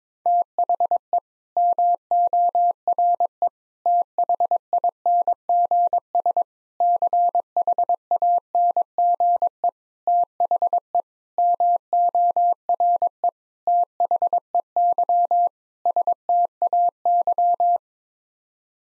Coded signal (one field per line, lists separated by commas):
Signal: Morse code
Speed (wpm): 22 wpm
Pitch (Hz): 700 Hz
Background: none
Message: THE MORE THINGS CHANGE THE MORE THEY STAY